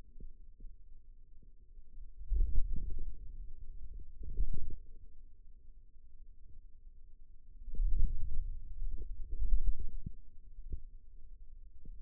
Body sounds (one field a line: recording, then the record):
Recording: forearm muscle sounds (acoustic myography)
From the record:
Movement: wrist extension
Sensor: system 2, bracelet of six BSWA MPA416 microphones around the upper forearm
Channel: 2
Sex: male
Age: 22 years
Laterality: right